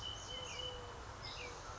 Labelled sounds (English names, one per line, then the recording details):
Eurasian Collared Dove
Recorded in Sonoma County, California